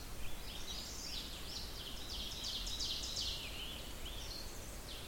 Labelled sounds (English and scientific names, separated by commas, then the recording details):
Ovenbird (Seiurus aurocapilla) song
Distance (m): 75 m
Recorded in boreal forest in Alberta, Canada, on 16 June 2016 at 06:13
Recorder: SongMeter 3, array SBT-3-32
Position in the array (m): 115 m, 148 m
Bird 37